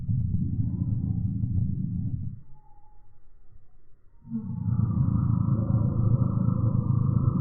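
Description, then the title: Eurasian bullfinch threat call, a deep rasping roar that breaks off for about two seconds, then resumes to the end. Male threatening at a feeding station while perched on the recordist's hand held out a window; other birds wait until bullfinches leave; 8x slow motion, smartphone. "Gimpel channelt seinen inneren Tyrannosaurus Rex (8-fache Zeitlupe)"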